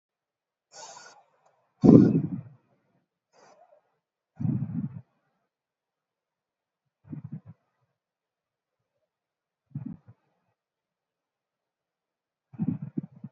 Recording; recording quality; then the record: deep breathing; excellent, no background noise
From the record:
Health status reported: healthy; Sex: female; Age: 21 years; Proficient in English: yes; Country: India